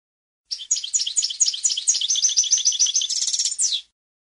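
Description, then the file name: European goldfinch song, a rapid stream of high chirps and twitters that closes with a fast buzzy trill and a final downward note. "audio burung goldfinch"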